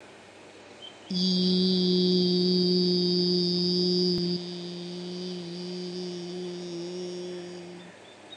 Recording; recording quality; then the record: sustained vowel as in beet; excellent, no background noise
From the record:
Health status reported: recovered from COVID-19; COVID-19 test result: negative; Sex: female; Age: 57 years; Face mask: not worn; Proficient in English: yes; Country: India